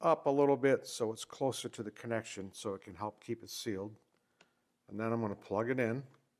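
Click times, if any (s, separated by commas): none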